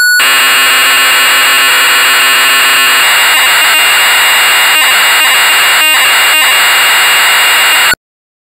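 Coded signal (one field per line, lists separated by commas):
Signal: computer data on cassette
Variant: Amstrad CPC 464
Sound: harsh continuous screeching data noise with a steady high whine and brief buzzy interruptions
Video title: Castle of the Skull Lord (1984) - Amstrad CPC 464 (Full Tape Rip / Cassette Load)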